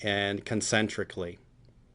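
A spinner cap is being handled onto the band assembly of a 3052 cotton candy machine, its lip meant to engage the top of the band and snap in place to fit concentrically. Someone talks through most of the clip, followed by near silence and a faint tick at about 1.6 seconds. Nothing has seated or clicked yet.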